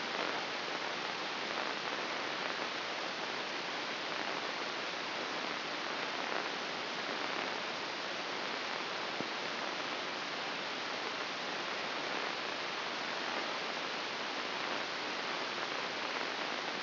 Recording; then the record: brain microelectrode recording played as sound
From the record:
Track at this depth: inside the subthalamic nucleus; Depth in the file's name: 3.144 mm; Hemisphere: right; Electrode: 2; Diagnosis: Parkinson's disease